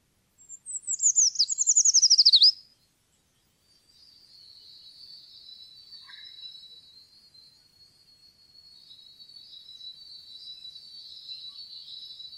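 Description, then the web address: Eurasian treecreeper song: one high, thin phrase of quick notes sliding downward and ending in a brief upturned flourish, followed by faint high trilling. "fuglelyder trekryper"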